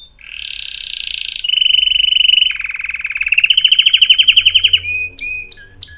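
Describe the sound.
Canary song: a rapid run of trilled and pulsed phrases that shift pitch every second or so, ending in a few sharp, separate high notes.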